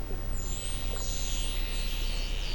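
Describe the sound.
Whale giving high, sweeping whistles that rise and fall, several overlapping, over a constant low rumbling hiss.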